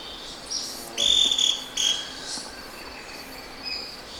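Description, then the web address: Scale-crested pygmy-tyrant with a few short high call notes over a steady background hiss. Ecuador. "Birds of Ecuador 3. Scale-Crested Pygmy-Tyrant"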